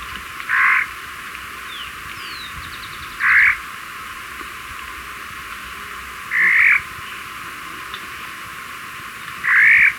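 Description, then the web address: Highland elaenia repeating a short buzzy note about every three seconds. Recorded in Ecuador. "Birds of Ecuador 2. Highland Elaenia"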